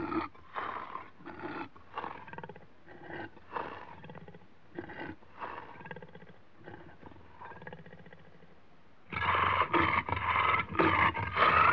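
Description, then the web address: Leopard growling in repeated rasping pulses about twice a second, then breaking into a loud, continuous snarling growl for the last few seconds. Leopards in Africa, recorded close up while growling. "BBC Sound Effects Library. Africa. Leopards"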